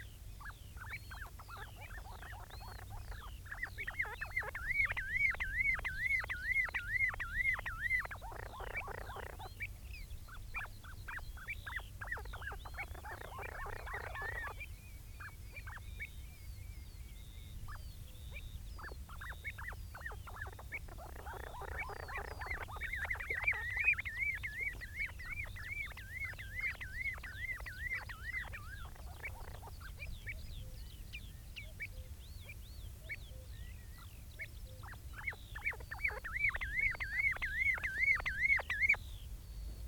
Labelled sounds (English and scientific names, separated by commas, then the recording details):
Common Ringed Plover (Charadrius hiaticula) call
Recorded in the wild
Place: Glewitz, Insel Rügen, Mecklenburg-Vorpommern, DE
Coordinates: 54.252, 13.299
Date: 1975-06-07
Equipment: Nagra III BH, Sennheiser MD 21
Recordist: Schubert, Michael